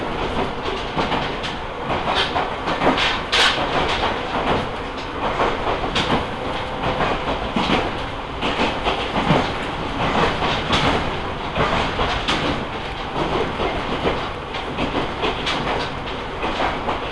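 A ride aboard an Omi Railway train, the car rumbling along at a steady pace. A dense, continuous roar fills the whole stretch, broken by frequent sharp clicks and knocks from the wheels, some bright metallic ticks standing out around the three and six second marks.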